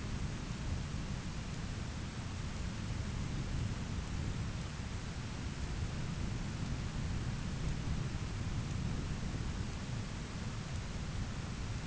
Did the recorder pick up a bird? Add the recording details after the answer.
no. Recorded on Arctic tundra, site ZACK-1, on 13 June 2019. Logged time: 09:49